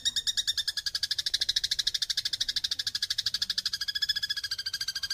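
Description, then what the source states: Eurasian tree sparrow chattering in a rapid, even stream of rasping pulses that runs on without pause. Sparrow singing persistently (gacor) with dense nyecret chattering, used as masteran for training songbirds.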